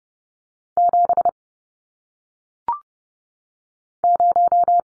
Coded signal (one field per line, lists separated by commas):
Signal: Morse code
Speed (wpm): 30 wpm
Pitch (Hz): 700 Hz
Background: none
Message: 7 0